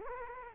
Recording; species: mosquito wingbeat signal from an infrared sensor; Culex quinquefasciatus